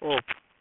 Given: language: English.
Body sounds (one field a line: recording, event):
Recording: throat vibration sensor signal played as sound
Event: speech